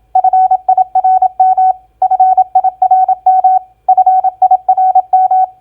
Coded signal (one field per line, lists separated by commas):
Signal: Morse code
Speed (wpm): 27 wpm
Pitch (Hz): 750 Hz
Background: none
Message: FIRM FIRM FIRM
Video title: Morse Code Practice Word Recognition SOFT-FIRM-HARD 27wpm